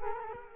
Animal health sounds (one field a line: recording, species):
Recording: mosquito wingbeat signal from an infrared sensor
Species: Culex quinquefasciatus